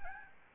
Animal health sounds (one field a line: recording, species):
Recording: mosquito wingbeat signal from an infrared sensor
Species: Aedes albopictus